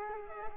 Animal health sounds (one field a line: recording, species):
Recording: mosquito wingbeat signal from an infrared sensor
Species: Culex quinquefasciatus